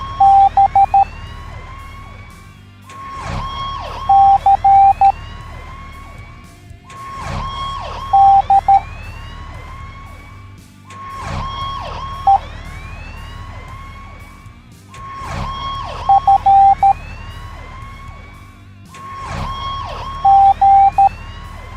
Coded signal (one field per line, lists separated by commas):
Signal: Morse code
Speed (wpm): 13 wpm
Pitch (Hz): 790 Hz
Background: none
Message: B C D E F G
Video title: Monster Fire Trucks Teaching the Morse Code Alphabet Educational Video for Kids